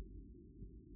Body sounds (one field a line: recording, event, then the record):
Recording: neck accelerometer signal played as sound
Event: no cough (speech, laughter, throat clearing or background)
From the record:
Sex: male